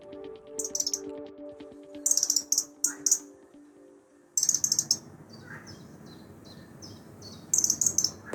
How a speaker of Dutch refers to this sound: Maar vroeg zich wel af hoe je dit geluid eigenlijk noemt van piepjonge roodborstjes.